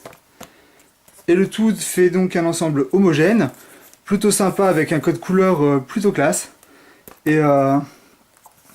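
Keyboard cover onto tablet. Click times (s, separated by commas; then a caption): 0.4 s. A keyboard cover is fitted onto an Archos 101Xs tablet, attaching magnetically and clipping into place with a short click at 0.4 s among a few faint taps near the start. Someone then talks for the rest of the clip. The cover is seated and holds well on the tablet.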